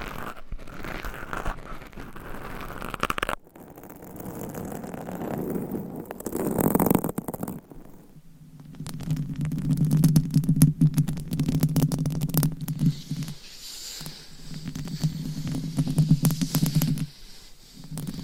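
Microphone scratching with rough, crackly rubbing and crinkles, shifting in texture, then a steady low buzzing scrape from about eight seconds with brief breaks.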